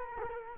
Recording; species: mosquito wingbeat signal from an infrared sensor; Culex quinquefasciatus